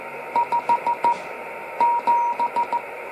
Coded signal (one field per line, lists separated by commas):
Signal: Morse code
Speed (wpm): 15 wpm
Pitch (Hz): 950 Hz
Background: none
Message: 5 7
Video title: Practicando CW con CE8BGH